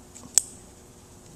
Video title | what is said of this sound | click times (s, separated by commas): How To Install 13 tall Road 6 Customs Handlebars on a 2015 & newer Road Glide with cables & wiring | when you're pushing it in there you're going to actually hear the click and feel it | 0.4 s